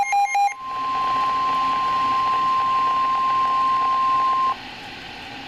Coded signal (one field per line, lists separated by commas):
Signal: Emergency Alert System (SAME) tones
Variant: 1050 Hz attention tone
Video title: 2016 EAS alerts compilation! 36 alerts!